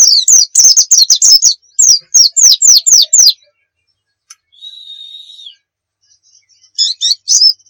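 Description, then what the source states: White-eye song: quick run of high, downslurred chirps, then a steady whistled note and a few more chirps after a short pause. Pleci of the Muria type, recorded as a masteran, a tutor recording of song for cage birds.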